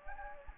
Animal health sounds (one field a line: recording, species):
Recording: mosquito wingbeat signal from an infrared sensor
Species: Anopheles gambiae